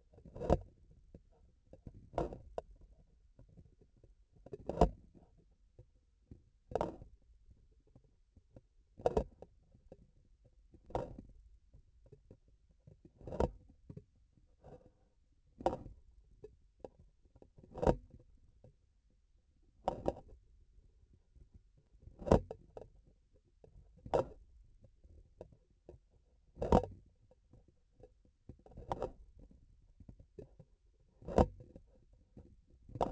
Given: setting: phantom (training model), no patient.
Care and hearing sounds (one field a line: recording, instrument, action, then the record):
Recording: laparoscopic instrument, vibration sensor on the handle end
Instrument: grasping forceps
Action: opening and closing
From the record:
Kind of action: tool actuation without material contact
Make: Olympus